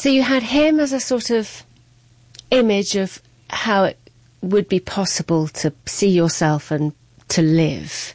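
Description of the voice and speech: Clear, fluent conversational speech from one adult asking a question, with natural pauses and ordinary voice.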